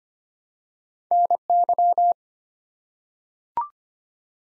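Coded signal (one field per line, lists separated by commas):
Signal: Morse code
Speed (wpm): 25 wpm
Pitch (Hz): 700 Hz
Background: none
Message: NY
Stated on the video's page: Head-copy drill of US state and Canadian province names at 25 wpm, each sent in Morse, spoken, then sent again.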